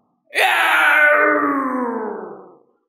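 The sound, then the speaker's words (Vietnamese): A winged monster, just pierced through the belly by a large spear, lets out one long, loud scream, a harsh sustained cry whose pitch slowly slides downward before it tapers off and fades, with no talking. “Đầu sông đầu lân chuẩn phát ra một tiếng hét dài, cả người nặng nề rơi xuống dưới, nhưng lại rất nhanh bay lên, vỗ hai cánh bay về phía xa.”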